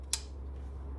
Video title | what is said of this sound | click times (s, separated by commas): 2021-2026 Chevy Trailblazer Throttle Body Removal & Cleaning – Step By Step Tutorial | And then now we just simply reinstall our plug until it clicks. | 0.1 s